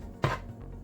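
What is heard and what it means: A blade is fitted onto a RYOBI ONE+ HP brushless oscillating multi-tool and the blade clamp lever is pressed slowly closed. A single sharp first click sounds at 0.2 s, followed by quiet. The lever has caught and locks, but it is not yet fully down and still needs pushing for the final lock.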